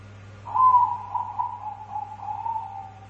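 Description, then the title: Dove giving a phrase of soft, evenly pulsed coos that starts highest and slowly falls in pitch, accompanied by a faint continuous hum. "Canto Da Pomba"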